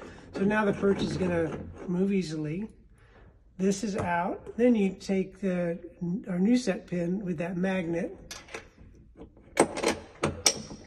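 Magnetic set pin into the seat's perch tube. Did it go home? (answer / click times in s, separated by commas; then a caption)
yes / 10.5 s. Someone talks while replacing a Soul Seat's ring plunger, then pushes the new metal set pin with a magnet into the seat's perch tube. A few light handling knocks come just before a small, sharp click at 10.5 s as the magnet engages the other side of the tube, and the pin is seated.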